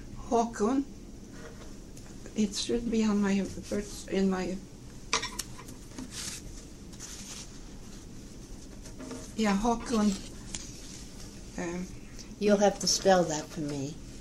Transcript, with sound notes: Haakon—it should be on my birth - in my - [papers rustling] yeah, Haakon.
You'll have to spell that for me.